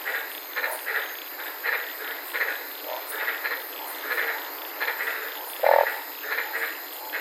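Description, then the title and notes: White-lipped tree frogs calling in a chorus of short, harsh pulsed notes repeated irregularly, with one louder, lower note near the end over steady insect hiss. White-lipped frogs at night in the Daintree rainforest, Queensland, heard from inside a car. "White Lipped Frog Podcast. I was sitting in my car in the Daintree rainforest in Queensland this night and fell asleep listening to these amazing White lipped frogs"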